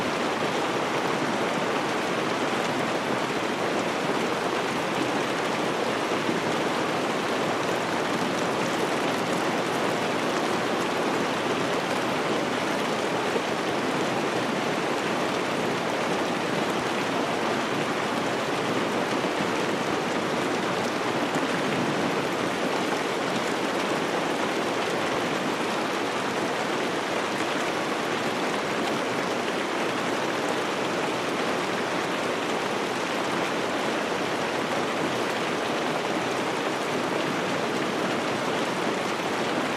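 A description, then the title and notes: Steady, dense rain hisses without pause for the whole stretch, a uniform wash of fine drops with no distinct events or changes. Sleep Sounds Rain - White Noise. Rain nature.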